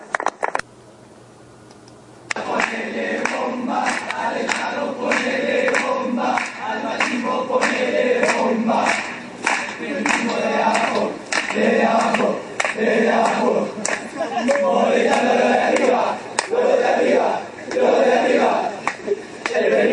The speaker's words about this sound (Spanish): Un aplauso.